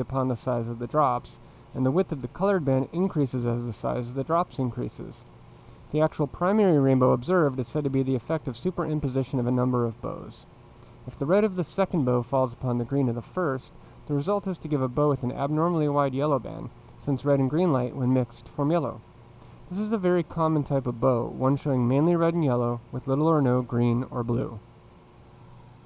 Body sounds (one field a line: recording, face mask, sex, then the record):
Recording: reading aloud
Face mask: surgical mask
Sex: male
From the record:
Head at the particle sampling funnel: facing it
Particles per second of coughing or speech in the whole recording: 0.209